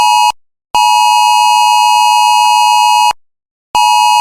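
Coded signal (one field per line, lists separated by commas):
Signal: Emergency Alert System (SAME) tones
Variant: 853 and 960 Hz attention tone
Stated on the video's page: Fictional made-up EAS scenario, not a real alert.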